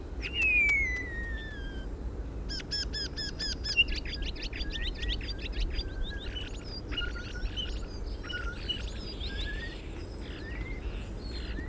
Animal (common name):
European Starling